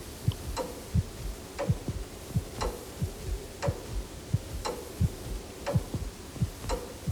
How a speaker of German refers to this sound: Und plötzlich hörte ich über mir die Turmuhr.